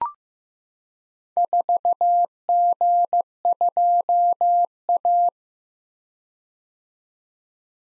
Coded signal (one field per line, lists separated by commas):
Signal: Morse code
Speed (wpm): 15 wpm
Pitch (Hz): 700 Hz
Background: none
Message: 4G2A